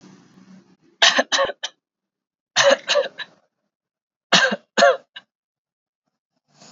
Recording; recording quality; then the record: heavy voluntary cough; excellent, no background noise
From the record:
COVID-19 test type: RT-PCR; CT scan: not taken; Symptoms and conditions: cold, fever, fatigue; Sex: male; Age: 21 years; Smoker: no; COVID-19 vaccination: both doses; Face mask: worn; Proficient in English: yes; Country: India